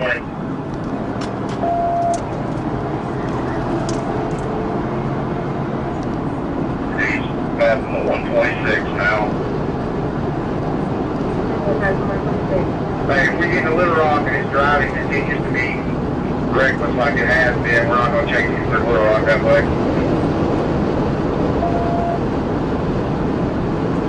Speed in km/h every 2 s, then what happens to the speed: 147, 158, 167, 174, 179, 184, 188, 192, 200, 204, 208, 211.
0-24 speeds up to 211.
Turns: none.